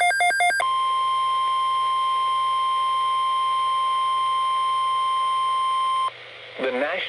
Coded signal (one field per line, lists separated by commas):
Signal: Emergency Alert System (SAME) tones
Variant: 1050 Hz attention tone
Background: speech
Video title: EAS ALERTS AGAIN (EAS 262-271)